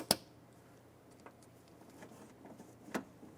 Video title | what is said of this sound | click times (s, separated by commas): How to Replace Rear Power Window Motor & Regulator Assemblies 1999-2004 Jeep Grand Cherokee | you're going to feel in here it snap into place and then don't forget to press your lock in | 0.1 s